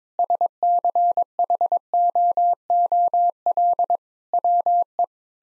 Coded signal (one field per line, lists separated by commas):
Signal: Morse code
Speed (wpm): 22 wpm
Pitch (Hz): 700 Hz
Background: none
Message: SCHOOL WE